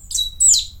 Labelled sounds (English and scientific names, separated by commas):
Stitchbird (Notiomystis cincta) song